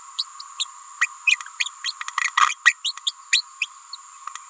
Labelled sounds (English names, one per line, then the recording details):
Green-rumped Parrotlet babbling
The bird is a female
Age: 28 days
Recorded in a nest box in Venezuela
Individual 17B31A3